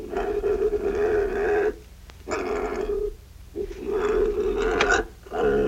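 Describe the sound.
Pig uttering rough, nasal squeals in several long strained bursts separated by brief quiet gaps.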